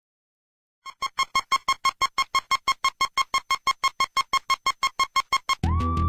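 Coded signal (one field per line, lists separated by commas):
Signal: none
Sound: music keyboard notes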